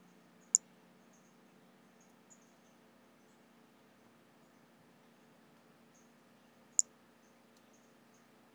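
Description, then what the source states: White-lined pumpkin toadlet giving single short, very high-pitched notes, one early and another about six seconds later, with faint softer notes between and a low background hum. Individual number 15, unvouchered.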